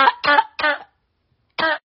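Four short, voiced cough bursts from an adult, three in quick succession then one after a pause; a plain cough.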